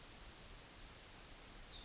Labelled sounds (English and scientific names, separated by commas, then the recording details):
Yellowhammer (Emberiza citrinella) song
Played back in forest
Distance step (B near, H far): F
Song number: 104